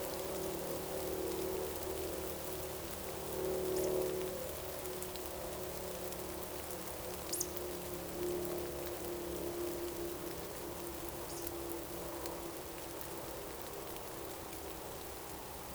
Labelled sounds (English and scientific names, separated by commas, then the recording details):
Eurasian Woodcock (Scolopax rusticola)
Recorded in Baden-Württemberg, Germany, on 28 June 2020 at 20:03 UTC
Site 43791, 788 m above sea level